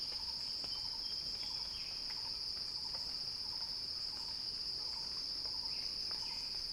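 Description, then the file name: Cicada drone, high and unbroken, with a faint repeated lower note and a few soft chirps. Cicada crescendo, recorded by Axel Drioli for Earth.fm's Sounding Wild. "earth-fm Axel-Drioli Cicada-Crescendo-Sounding-Wild"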